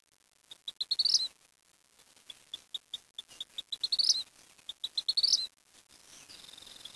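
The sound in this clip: Bird chirping in bursts of high, thin notes that quicken and rise into a brief twittering flourish, repeated three times with short pauses between.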